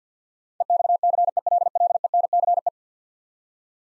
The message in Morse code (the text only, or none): EXCELLENCE